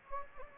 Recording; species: mosquito wingbeat signal from an infrared sensor; Anopheles gambiae